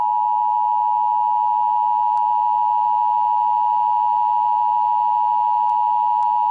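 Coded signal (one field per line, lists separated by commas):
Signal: Emergency Alert System (SAME) tones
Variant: 853 and 960 Hz attention tone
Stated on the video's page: Mock EAS scenario with SAME tones, a fictional alert about family disputes.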